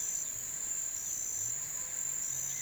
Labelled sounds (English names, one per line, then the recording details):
none
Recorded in pastures near Puerto Asís, Putumayo, Colombia, on 27 June 2025 at 09:30
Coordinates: 0.486, -76.323
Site H29